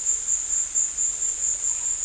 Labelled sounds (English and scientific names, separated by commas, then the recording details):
none
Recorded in dense forest near Puerto Asís, Putumayo, Colombia, on 20 December 2024 at 15:00
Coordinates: 0.485, -76.318
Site GP03